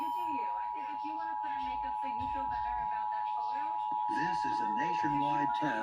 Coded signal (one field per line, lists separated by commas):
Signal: Emergency Alert System (SAME) tones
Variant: 853 and 960 Hz attention tone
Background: speech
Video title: 2023 National EAS Test - 10/4/23 (EAS #5)